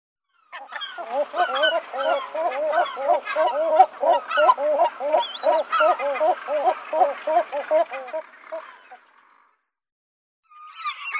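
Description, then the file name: European herring gull calling, a rapid series of loud, nasal laughing notes lasting about eight seconds, with a fainter cry above and another call starting at the end. "gabbiano reale nordico"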